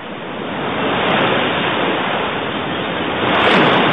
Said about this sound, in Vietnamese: Lúc này cả bọn đã tới sát bờ biển. Tiếng sóng dỗ vào bờ đá ầm ào bất tuyệt.